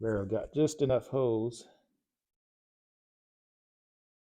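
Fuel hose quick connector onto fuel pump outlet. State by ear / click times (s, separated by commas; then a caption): not seated / none. Someone talks while handling the fuel hose quick-connect fitting on a 2014–2016 Yamaha FZ-09/MT-09, getting it ready to slide onto the fuel pump outlet pipe with the lock tab raised. The talking stops after about 1.8 seconds, and the rest of the clip is silent. Nothing has seated or clicked yet.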